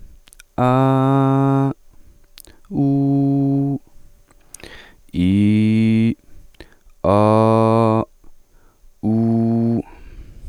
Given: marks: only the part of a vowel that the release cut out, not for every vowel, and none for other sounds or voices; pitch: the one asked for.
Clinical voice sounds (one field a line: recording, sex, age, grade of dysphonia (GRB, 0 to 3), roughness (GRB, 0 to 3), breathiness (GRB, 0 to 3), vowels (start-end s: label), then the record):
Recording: sustained vowels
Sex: male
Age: 20 to 29 years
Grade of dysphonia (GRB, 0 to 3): 0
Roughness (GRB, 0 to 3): 0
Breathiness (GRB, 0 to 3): 0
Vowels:
0.71-1.66 s: vowel /a/, high pitch
2.86-3.72 s: vowel /u/, high pitch
5.28-6.09 s: vowel /i/, low pitch
7.13-7.98 s: vowel /a/, low pitch
9.09-9.77 s: vowel /u/, low pitch
From the record:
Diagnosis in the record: healthy voice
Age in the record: 24 years